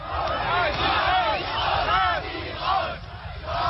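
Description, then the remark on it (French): A crowd of several thousand people at a popular festival chants "Neues Forum", the name of a new opposition group, in unison: rhythmic rising-and-falling shouts repeating several times over a dense, loud roar of many voices. “Soudain, un cri. Neues Forum, Neues Forum, le nouveau forum du nom d'un nouveau groupe d'opposition.”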